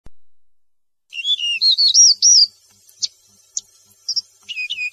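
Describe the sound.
Yellow-breasted bunting delivering a quick sequence of rising and falling whistled notes after a brief silence, followed by scattered clicks and a short closing phrase.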